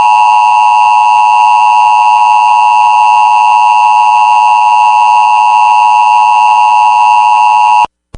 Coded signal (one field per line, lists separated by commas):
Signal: Emergency Alert System (SAME) tones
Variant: 853 and 960 Hz attention tone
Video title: EAS Immediate Evacuation Northwestern Wisconsin for Wildfire (Burnett County) (KTWH Two Harbors, MN)